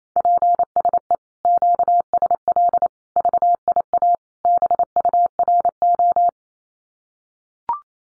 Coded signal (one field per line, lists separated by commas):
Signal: Morse code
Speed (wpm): 28 wpm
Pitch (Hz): 700 Hz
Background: none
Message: PSE QSL VIA BURO